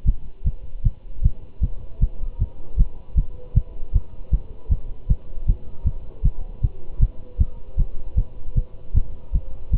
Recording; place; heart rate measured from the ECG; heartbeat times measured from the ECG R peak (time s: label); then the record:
heart sounds by stethoscope; between the tricuspid and mitral areas; 155 bpm
0.07 s: heartbeat
0.46 s: heartbeat
0.85 s: heartbeat
1.24 s: heartbeat
1.63 s: heartbeat
2.02 s: heartbeat
2.41 s: heartbeat
2.79 s: heartbeat
3.17 s: heartbeat
3.56 s: heartbeat
3.95 s: heartbeat
4.33 s: heartbeat
4.71 s: heartbeat
5.10 s: heartbeat
5.48 s: heartbeat
5.86 s: heartbeat
6.24 s: heartbeat
6.63 s: heartbeat
7.02 s: heartbeat
7.40 s: heartbeat
7.79 s: heartbeat
8.17 s: heartbeat
8.57 s: heartbeat
8.96 s: heartbeat
9.34 s: heartbeat
9.73 s: heartbeat
From the record:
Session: Bruce protocol treadmill stress test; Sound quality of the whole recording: good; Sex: male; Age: 25 years